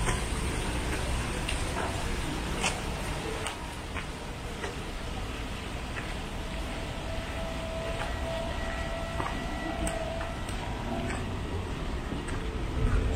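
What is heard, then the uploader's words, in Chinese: Walking along a busy downtown street, with a dense, steady wash of noise throughout. Brief clicks and knocks pop up every second or so, a few thin tones drift in around the middle, and faint voices and passing vehicles blend into the constant bustle. 行走在闹市街头。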